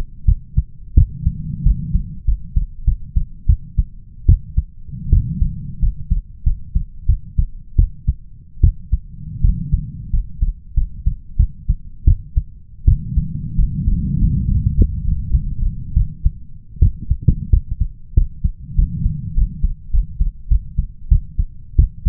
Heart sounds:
heart sounds by stethoscope; 89 bpm
0.25 s: heartbeat
0.95 s: heartbeat
1.63 s: heartbeat
2.25 s: heartbeat
2.85 s: heartbeat
3.46 s: heartbeat
4.26 s: heartbeat
5.10 s: heartbeat
5.80 s: heartbeat
6.44 s: heartbeat
7.06 s: heartbeat
7.76 s: heartbeat
8.61 s: heartbeat
9.41 s: heartbeat
10.11 s: heartbeat
10.74 s: heartbeat
11.37 s: heartbeat
12.05 s: heartbeat
12.85 s: heartbeat
13.56 s: heartbeat
14.19 s: heartbeat
14.75 s: heartbeat
15.30 s: heartbeat
15.94 s: heartbeat
16.79 s: heartbeat
17.50 s: heartbeat
18.14 s: heartbeat
18.75 s: heartbeat
19.34 s: heartbeat
19.91 s: heartbeat
20.48 s: heartbeat
21.08 s: heartbeat
21.76 s: heartbeat
From the record:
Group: healthy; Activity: rest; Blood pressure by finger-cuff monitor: 132/92 mmHg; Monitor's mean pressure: 105 mmHg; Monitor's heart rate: 94 bpm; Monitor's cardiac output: 6.4 L/min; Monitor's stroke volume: 70 mL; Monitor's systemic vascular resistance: 1210 dyn s/cm5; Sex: male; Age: 21 years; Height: 180 cm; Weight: 67.5 kg

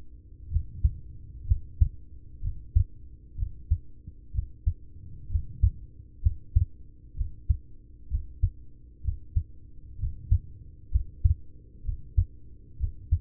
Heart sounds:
heart sounds by stethoscope; 63 bpm
0.48 s: heartbeat
1.44 s: heartbeat
2.39 s: heartbeat
3.35 s: heartbeat
4.31 s: heartbeat
5.27 s: heartbeat
6.20 s: heartbeat
7.14 s: heartbeat
8.08 s: heartbeat
9.01 s: heartbeat
9.96 s: heartbeat
10.88 s: heartbeat
11.82 s: heartbeat
12.76 s: heartbeat
From the record:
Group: heart failure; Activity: rest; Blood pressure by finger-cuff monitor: 90/48 mmHg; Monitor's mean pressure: 63 mmHg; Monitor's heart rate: 63 bpm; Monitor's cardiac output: 6 L/min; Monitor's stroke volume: 98 mL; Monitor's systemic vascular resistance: 720 dyn s/cm5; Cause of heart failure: ischemic heart disease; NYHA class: 1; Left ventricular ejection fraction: 33%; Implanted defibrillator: present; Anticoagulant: apixaban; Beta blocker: carvedilol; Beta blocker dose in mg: 18.75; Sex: male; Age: 39 years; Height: 168 cm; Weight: 72 kg

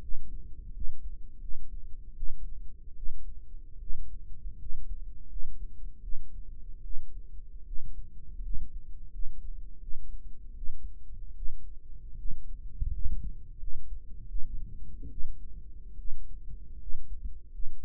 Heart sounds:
heart sounds by microphone in the right ear; 79 bpm
0.71 s: heartbeat
1.39 s: heartbeat
2.14 s: heartbeat
2.94 s: heartbeat
3.78 s: heartbeat
4.57 s: heartbeat
5.27 s: heartbeat
6.00 s: heartbeat
6.82 s: heartbeat
7.64 s: heartbeat
8.41 s: heartbeat
9.09 s: heartbeat
9.79 s: heartbeat
10.54 s: heartbeat
11.33 s: heartbeat
12.16 s: heartbeat
12.90 s: heartbeat
13.58 s: heartbeat
14.26 s: heartbeat
15.09 s: heartbeat
15.96 s: heartbeat
16.77 s: heartbeat
17.50 s: heartbeat
From the record:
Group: healthy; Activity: rest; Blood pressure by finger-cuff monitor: 111/59 mmHg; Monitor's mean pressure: 76 mmHg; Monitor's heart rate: 77 bpm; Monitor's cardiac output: 7.3 L/min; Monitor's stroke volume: 92 mL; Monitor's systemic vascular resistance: 750 dyn s/cm5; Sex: female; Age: 22 years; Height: 160 cm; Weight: 63 kg

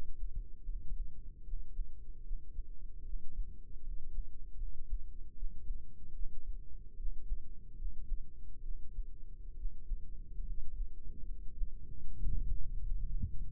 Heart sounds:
heart sounds by microphone in the right ear; 73 bpm
0.63 s: heartbeat
1.42 s: heartbeat
2.21 s: heartbeat
3.02 s: heartbeat
3.81 s: heartbeat
4.55 s: heartbeat
5.33 s: heartbeat
6.11 s: heartbeat
6.94 s: heartbeat
7.75 s: heartbeat
8.61 s: heartbeat
9.54 s: heartbeat
10.42 s: heartbeat
11.23 s: heartbeat
12.14 s: heartbeat
13.03 s: heartbeat
From the record:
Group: healthy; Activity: rest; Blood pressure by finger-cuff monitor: 118/72 mmHg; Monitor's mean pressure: 81 mmHg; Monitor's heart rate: 75 bpm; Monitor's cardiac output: 5.3 L/min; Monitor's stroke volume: 70 mL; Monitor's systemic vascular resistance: 1090 dyn s/cm5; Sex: male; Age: 20 years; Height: 167 cm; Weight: 61 kg

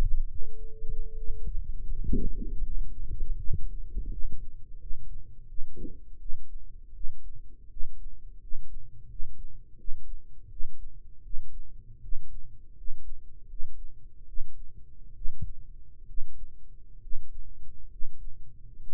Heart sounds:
heart sounds by microphone in the right ear; 77 bpm
0.24 s: heartbeat
1.09 s: heartbeat
1.83 s: heartbeat
2.59 s: heartbeat
3.33 s: heartbeat
4.06 s: heartbeat
4.75 s: heartbeat
5.43 s: heartbeat
6.15 s: heartbeat
6.90 s: heartbeat
7.66 s: heartbeat
8.37 s: heartbeat
9.04 s: heartbeat
9.73 s: heartbeat
10.46 s: heartbeat
11.19 s: heartbeat
11.98 s: heartbeat
12.72 s: heartbeat
13.44 s: heartbeat
14.23 s: heartbeat
15.11 s: heartbeat
16.04 s: heartbeat
16.97 s: heartbeat
17.86 s: heartbeat
18.82 s: heartbeat
From the record:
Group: healthy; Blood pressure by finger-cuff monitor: 95/46 mmHg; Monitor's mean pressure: 58 mmHg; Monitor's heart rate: 81 bpm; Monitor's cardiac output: 9.2 L/min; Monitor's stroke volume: 119 mL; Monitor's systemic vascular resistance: 440 dyn s/cm5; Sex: male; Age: 22 years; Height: 185 cm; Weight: 112.4 kg

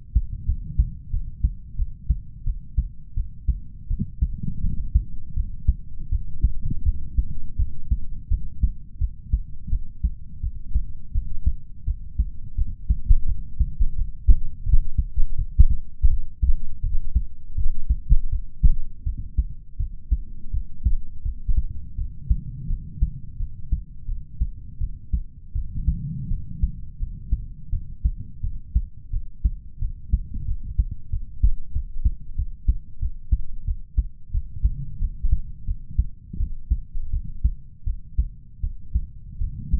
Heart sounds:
heart sounds by stethoscope; 85 bpm
0.45 s: heartbeat
1.10 s: heartbeat
1.75 s: heartbeat
2.43 s: heartbeat
3.13 s: heartbeat
3.87 s: heartbeat
4.60 s: heartbeat
5.33 s: heartbeat
6.09 s: heartbeat
6.82 s: heartbeat
7.56 s: heartbeat
8.28 s: heartbeat
8.97 s: heartbeat
9.69 s: heartbeat
10.40 s: heartbeat
11.11 s: heartbeat
11.84 s: heartbeat
12.55 s: heartbeat
13.25 s: heartbeat
13.95 s: heartbeat
14.63 s: heartbeat
15.35 s: heartbeat
16.07 s: heartbeat
16.80 s: heartbeat
17.54 s: heartbeat
18.29 s: heartbeat
19.03 s: heartbeat
19.76 s: heartbeat
20.50 s: heartbeat
21.22 s: heartbeat
21.95 s: heartbeat
22.66 s: heartbeat
23.36 s: heartbeat
24.05 s: heartbeat
24.77 s: heartbeat
25.52 s: heartbeat
26.27 s: heartbeat
26.97 s: heartbeat
27.69 s: heartbeat
28.40 s: heartbeat
29.09 s: heartbeat
29.78 s: heartbeat
30.44 s: heartbeat
31.09 s: heartbeat
31.71 s: heartbeat
32.34 s: heartbeat
32.98 s: heartbeat
33.64 s: heartbeat
34.30 s: heartbeat
34.98 s: heartbeat
35.64 s: heartbeat
36.36 s: heartbeat
37.09 s: heartbeat
37.83 s: heartbeat
38.60 s: heartbeat
39.37 s: heartbeat
From the record:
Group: healthy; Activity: cold pressor test 0-20 s, rest 20-40 s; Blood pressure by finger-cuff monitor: 96/70 mmHg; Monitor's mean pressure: 78 mmHg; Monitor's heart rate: 84 bpm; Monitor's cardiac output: 6.3 L/min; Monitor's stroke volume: 74 mL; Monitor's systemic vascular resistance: 890 dyn s/cm5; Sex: male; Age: 20 years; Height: 187 cm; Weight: 68.9 kg

